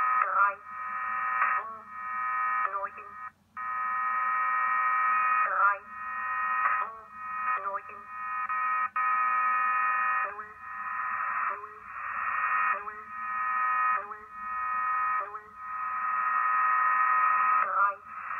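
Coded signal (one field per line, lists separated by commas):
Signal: numbers station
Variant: G06, German language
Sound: monotone synthetic voice reading evenly spaced words through narrow-band shortwave audio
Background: radio static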